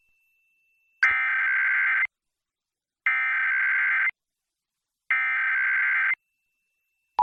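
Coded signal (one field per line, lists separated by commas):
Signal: Emergency Alert System (SAME) tones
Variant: header bursts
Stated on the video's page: FEMA national Emergency Alert System test as heard on the air.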